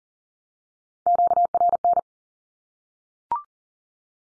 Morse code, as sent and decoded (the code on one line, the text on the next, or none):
--.- .-. -.
QRN